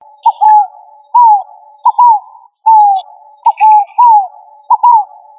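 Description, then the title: Pigeon calls, a repeated series of short arched whistled coos, often paired, recurring about every second. "Familia Columbidae Pomba"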